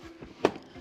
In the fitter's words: You'll hear a click, which means that the seat is secured in position.